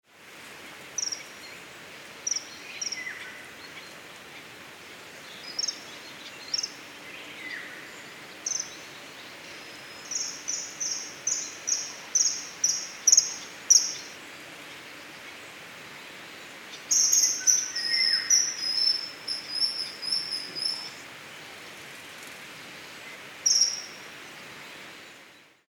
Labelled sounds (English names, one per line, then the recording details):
Common Kingfisher
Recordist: Frommolt, Karl-Heinz
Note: Rufsequenzen von Eisvögeln